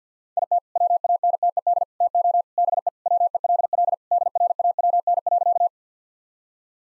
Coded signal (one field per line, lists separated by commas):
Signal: Morse code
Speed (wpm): 50 wpm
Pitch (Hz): 700 Hz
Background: none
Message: IT WANTED TO BE WELL DRAWN.